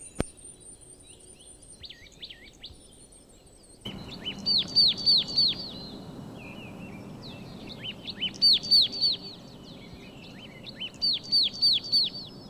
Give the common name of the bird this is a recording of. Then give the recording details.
Marsh Tit. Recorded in the wild. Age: adult. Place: Villach, Kärnten, AT. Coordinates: 46.591, 13.824. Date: 1971-04-14. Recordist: Brunner, Thomas. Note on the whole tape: Aufnahme Warmbad, Villach